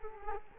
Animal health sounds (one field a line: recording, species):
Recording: mosquito wingbeat signal from an infrared sensor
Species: Culex quinquefasciatus